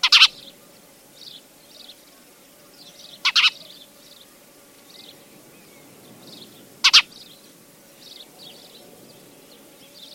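Spanish sparrow uttering harsh paired chirps three times, about every three to four seconds, with many softer high twitters in the background.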